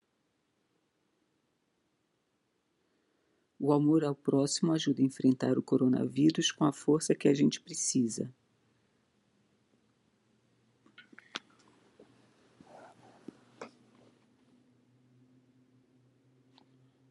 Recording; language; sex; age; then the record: spoken sentence; Brazilian Portuguese; female; 50 to 59 years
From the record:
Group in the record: control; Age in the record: 57 years